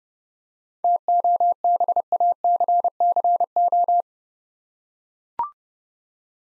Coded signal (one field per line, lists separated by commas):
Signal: Morse code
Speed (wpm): 28 wpm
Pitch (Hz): 700 Hz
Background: none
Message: TOBACCO